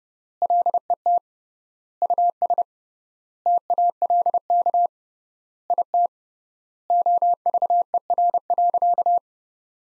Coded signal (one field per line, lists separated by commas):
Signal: Morse code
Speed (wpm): 29 wpm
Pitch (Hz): 700 Hz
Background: none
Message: LET US TALK IT OVER.